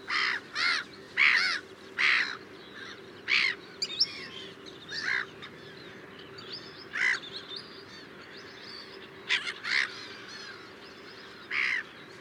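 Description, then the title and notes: Black-headed gull giving harsh, grating calls, single or paired, at irregular intervals, with some higher thin squeaky notes mixed in between. "Black-headed Gull Chroicocephalus ridibundus. North Sea, offshore, Germany, Mathias Putze"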